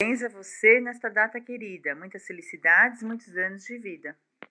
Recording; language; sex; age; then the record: short text; Brazilian Portuguese; female; 50 to 59 years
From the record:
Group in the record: control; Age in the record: 52 years